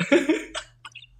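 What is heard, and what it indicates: A few short, harsh cough bursts from an adult woman within about a second, from someone whose voice has gone hoarse and who had been holding back the cough.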